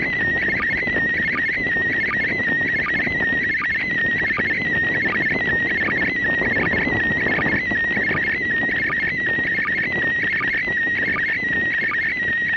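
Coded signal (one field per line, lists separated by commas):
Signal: SSTV (slow-scan television)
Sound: warbling, chirping tone near 2 kHz, steadily shifting pitch, buried in loud hiss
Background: radio static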